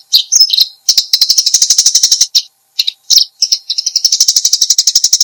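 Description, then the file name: Eurasian tree sparrow chirps: a few separate high notes, then quick pulsed chirp runs with two short gaps, ending in a steady rapid chirping sequence. "suara burung gereja"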